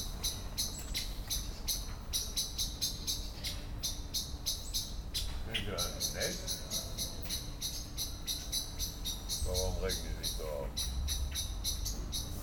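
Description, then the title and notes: Common blackbird scolding, dense runs of hard clicking chinks throughout; a few brief other sounds break in midway over low street noise. Excited scolding while flying from tree to tree; Lütticher Straße, Cologne; morning; cyclists and pedestrians on the pavement in the background; nearfield recording. "cologne, lütticherstrasse, amsel. amsel aufgeregt schimpfend fliegt von baum zu baum, im hintergrund fahrradfahrer und fussgänger auf dem bürgersteig, morgens. soundmap nrw"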